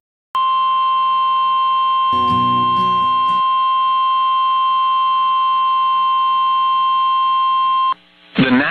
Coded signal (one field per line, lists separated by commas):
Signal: Emergency Alert System (SAME) tones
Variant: 1050 Hz attention tone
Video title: THE BIG EASY AIN'T SO EASY HERE... | EAS Alerts from 12/14/2022 (EAS #1580-1623)